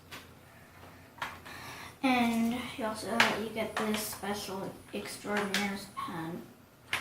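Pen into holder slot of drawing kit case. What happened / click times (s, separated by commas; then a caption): The pen is handled but has not yet snapped into its holder / none. Someone handles a drawing kit's special plastic pen at the holder slot in the kit's case while someone talks, with brief handling knocks at about 1.2 s and 6.9 s. The pen has not snapped into its holder yet; nothing has seated or clicked by the end of the clip.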